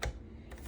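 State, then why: Not seated. The plastic 72 oz dishwasher-safe pitcher of a Ninja NJ601AMZ Professional Blender with a 1000-watt motor is lined up on the motor base and pressed down. It gives a sharp plastic knock at the start and softer rattling contact sounds around 0.5–0.6 s. Nothing has latched or clicked yet, and the pitcher does not sit comfortably on the base.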